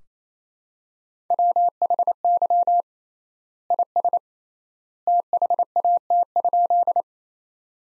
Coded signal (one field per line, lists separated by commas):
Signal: Morse code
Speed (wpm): 28 wpm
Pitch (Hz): 700 Hz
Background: none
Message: WHY IS THAT?